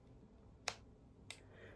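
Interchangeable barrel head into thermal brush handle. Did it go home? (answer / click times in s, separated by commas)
yes / 0.7 s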